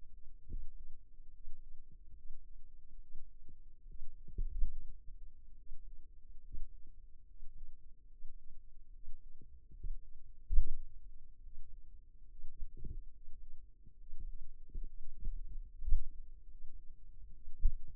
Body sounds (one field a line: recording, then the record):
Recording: forearm muscle sounds (acoustic myography)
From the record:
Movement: finger pinch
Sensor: system 2, bracelet of six BSWA MPA416 microphones around the upper forearm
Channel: 5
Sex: male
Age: 22 years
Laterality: right